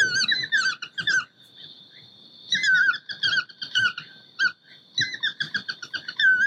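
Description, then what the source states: Yellow-throated Toucan calls: squeaky, yelping notes in quick bursts, with pauses between the groups and a thin steady tone in the background. Played back on a phone as an example of the searched-for species; its calls are likened to a group of quarrelling gulls.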